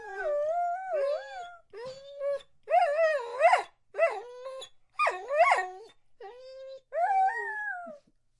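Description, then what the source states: Dog whining in high, wavering whimpers that rise and fall, in short pleading phrases with brief pauses. The dog is begging.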